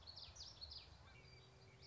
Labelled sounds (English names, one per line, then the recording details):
Common Yellowthroat
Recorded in Sonoma County, California